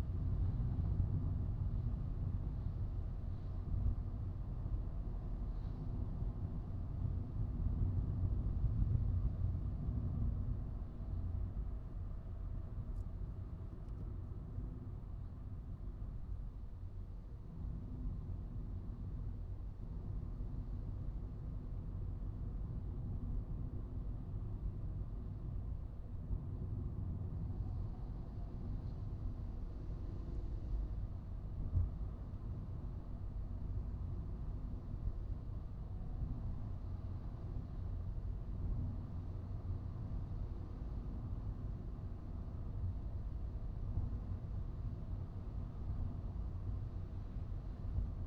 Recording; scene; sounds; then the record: everyday scene through a hearing-aid microphone; in a vehicle; engine, highway driving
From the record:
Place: Skoda Fabia, gasoline engine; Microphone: in the ear canal, right